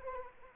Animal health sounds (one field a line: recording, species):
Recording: mosquito wingbeat signal from an infrared sensor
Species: Anopheles arabiensis